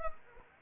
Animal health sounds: mosquito wingbeat signal from an infrared sensor; Anopheles arabiensis

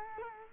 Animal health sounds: mosquito wingbeat signal from an infrared sensor; Culex quinquefasciatus

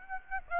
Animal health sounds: mosquito wingbeat signal from an infrared sensor; Aedes aegypti

